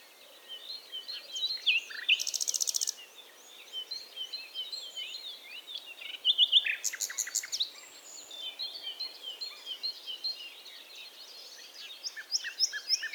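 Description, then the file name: Common nightingale song with rapid rattling note trains and varied high chirps over steady background hiss. "Luscinia megarhynchos"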